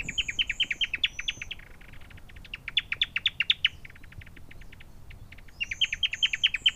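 Newtonia giving quick runs of sharp, bright chips in several bursts, with thin high whistles at the start and end.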